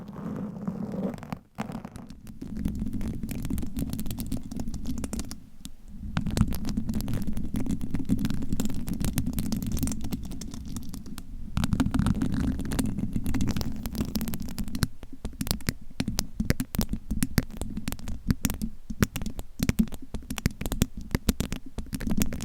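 Scratching and tapping over a steady low rumble, with dense irregular crackles and sharp taps growing more frequent after about fifteen seconds.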